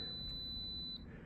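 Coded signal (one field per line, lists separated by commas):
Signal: beep code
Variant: Daikin air conditioner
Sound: one long high-pitched beep lasting about a second over quiet room noise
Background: room noise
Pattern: 1 long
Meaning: A long beep confirms the displayed fault code is the detected fault, here U4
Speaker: et quand j'ai un bip long, ce qui est le cas, c'est là où on s'arrête et que le code défaut va être lu, pour le coup le défaut U4.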